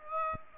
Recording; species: mosquito wingbeat signal from an infrared sensor; Aedes aegypti